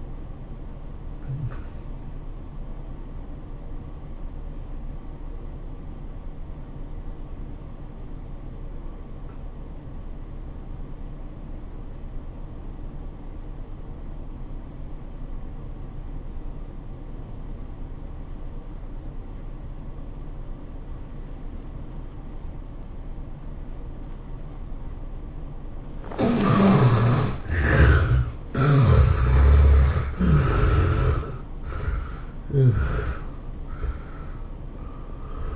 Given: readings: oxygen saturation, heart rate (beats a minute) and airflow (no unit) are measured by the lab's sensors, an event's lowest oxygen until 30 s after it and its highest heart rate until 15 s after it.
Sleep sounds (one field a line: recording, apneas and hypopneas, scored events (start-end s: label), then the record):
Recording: breathing in sleep by a smartphone at the bedside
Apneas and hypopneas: 1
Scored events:
3.00-25.70 s: obstructive apnea (N1, oxygen 96% highest, then 68% lowest, heart rate 102 at the start, 107 highest)
From the record:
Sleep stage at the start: N1 (lightest sleep)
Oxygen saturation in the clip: 73 to 96%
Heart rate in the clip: 71 to 107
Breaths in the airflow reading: 5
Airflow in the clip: -14.6 to 16.2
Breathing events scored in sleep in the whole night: 403 in 5.5 hours asleep